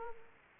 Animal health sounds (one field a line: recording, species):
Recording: mosquito wingbeat signal from an infrared sensor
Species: Aedes aegypti